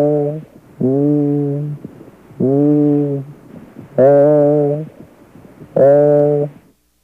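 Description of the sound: Five sustained, buzzy vowel sounds of about a second each are heard through the chest wall of an adult as the microphone moves from the healthy side to the affected side. Over consolidated lung, the spoken E turns into a nasal, bleating A-like sound. This is egophony, a sign of lung consolidation.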